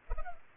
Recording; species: mosquito wingbeat signal from an infrared sensor; Culex pipiens